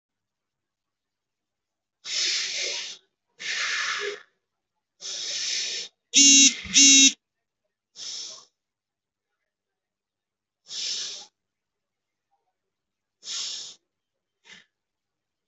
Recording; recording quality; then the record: deep breathing; excellent, no background noise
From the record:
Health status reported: healthy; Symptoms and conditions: none ticked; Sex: male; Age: 22 years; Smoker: not ticked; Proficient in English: no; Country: India